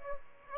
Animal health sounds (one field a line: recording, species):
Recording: mosquito wingbeat signal from an infrared sensor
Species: Aedes aegypti